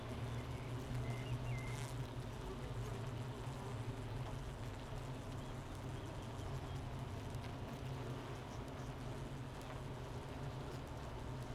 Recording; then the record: honeybee colony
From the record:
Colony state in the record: missing queen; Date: 31 May 2018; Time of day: 8:40